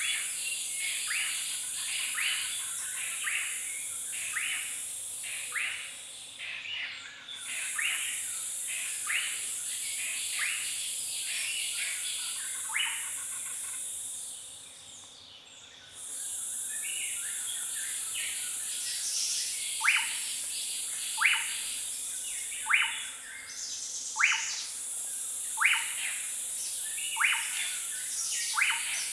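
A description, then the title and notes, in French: Forest ambience on the slopes of Mount Cameroon: a thin, high insect drone runs almost throughout, dropping out briefly near 7 and 15 seconds. Birds call steadily over it in quick, repeated notes, and from about 20 seconds a bird sounds sharp, regular calls. Naturophonie - NAT046_Sur les pentes du mont Cameroun_FDeroussen. Format WAV haute définition (48khz-24bits). En immersion sonore sur les pentes du mont Cameroun dans une forêt des nuages à 1000 m d'altitude.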